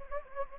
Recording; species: mosquito wingbeat signal from an infrared sensor; Anopheles gambiae